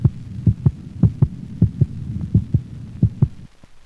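Crisp paired lub-dub beats near 95 a minute over a low hum; normal heart sounds of a dog, heard by stethoscope over the mitral valve location.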